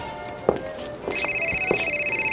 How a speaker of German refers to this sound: Telefon! Das ist meins.